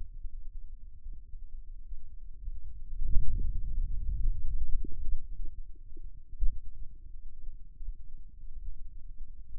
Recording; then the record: forearm muscle sounds (acoustic myography)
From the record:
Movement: radial deviation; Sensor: system 2, bracelet of six BSWA MPA416 microphones around the upper forearm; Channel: 3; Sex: male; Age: 22 years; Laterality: right